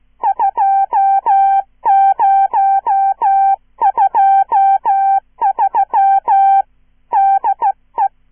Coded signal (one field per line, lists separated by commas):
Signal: Morse code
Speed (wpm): 15 wpm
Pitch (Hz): 790 Hz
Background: none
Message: 2023 DE